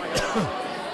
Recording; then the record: coughing mixed with background sound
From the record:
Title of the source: Coughing 51